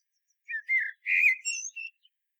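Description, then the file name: Common blackbird song phrase, a short mellow fluted whistle of a few notes ending in a brief higher squeaky flourish; no other sounds. "Turdus merula"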